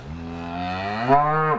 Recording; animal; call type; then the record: contact call of a hoofed animal; cattle; low-frequency (closed-mouth) or high-frequency (open-mouth) call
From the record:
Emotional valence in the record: negative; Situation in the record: full separation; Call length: 1.59 s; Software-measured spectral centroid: 1400 Hz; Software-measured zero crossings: 1620 a second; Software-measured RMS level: -22 dBFS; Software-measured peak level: -3 dBFS